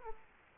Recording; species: mosquito wingbeat signal from an infrared sensor; Culex quinquefasciatus